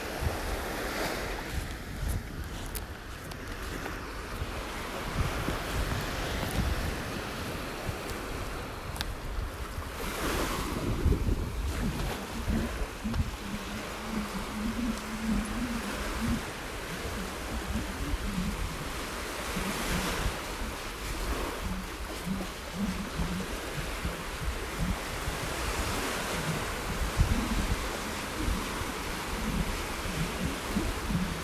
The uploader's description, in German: Wellenrauschen und Wind